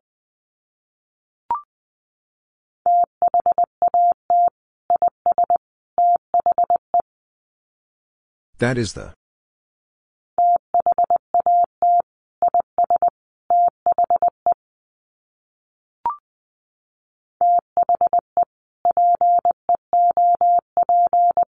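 Morse code beeps in a single steady mid-pitched tone, short and long pulses grouped into words around 3–7, 10–15 and 17–22 seconds. A brief higher click precedes each group, and a short burst of noise interrupts near 8.5 seconds.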